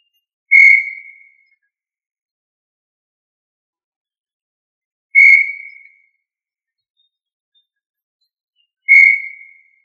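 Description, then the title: Tinamou: three clear, pure whistled notes with long silent gaps of several seconds between them; background otherwise silent. "Familia Tinamidae - Quail - Puyuh"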